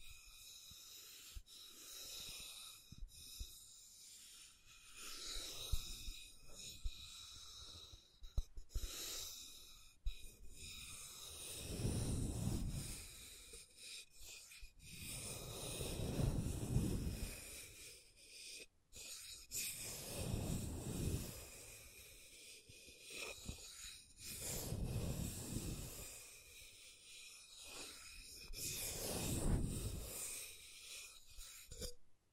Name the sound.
Scratching & Tracing